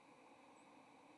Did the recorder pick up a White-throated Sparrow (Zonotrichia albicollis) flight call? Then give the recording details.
no. Another species' flight call is heard. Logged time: 08:02 on 30 October 2014